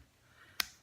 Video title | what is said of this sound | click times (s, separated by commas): Karambit Review Fox Knives 478 479 | pants on the way out of your pocket it'll automatically deploy and lock | 0.6 s